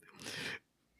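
A single brief, bright, hissing burst of about half a second from an adult: an ordinary sneeze.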